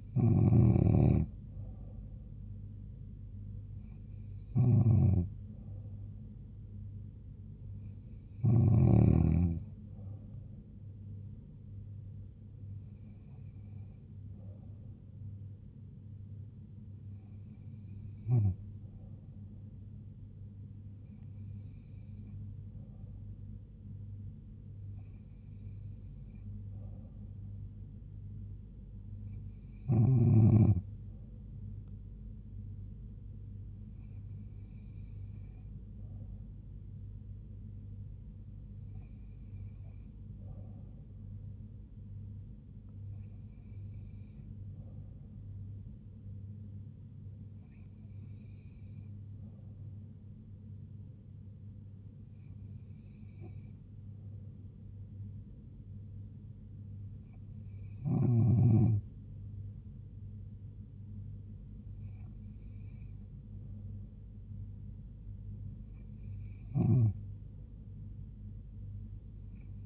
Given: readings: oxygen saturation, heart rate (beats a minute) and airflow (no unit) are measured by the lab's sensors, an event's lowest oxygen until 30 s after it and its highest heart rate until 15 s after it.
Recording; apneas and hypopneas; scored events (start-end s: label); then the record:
breathing in sleep by a smartphone at the bedside; none
none scored
From the record:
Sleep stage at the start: N2 (light sleep); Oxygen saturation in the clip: 93 to 94%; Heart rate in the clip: 67 to 77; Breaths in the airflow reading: 16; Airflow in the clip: -3.4 to 3.1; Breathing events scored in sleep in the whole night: 158 in 7.3 hours asleep